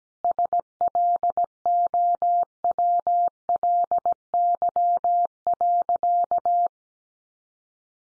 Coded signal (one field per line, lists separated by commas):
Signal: Morse code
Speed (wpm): 17 wpm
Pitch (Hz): 700 Hz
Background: none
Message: SLOWLY.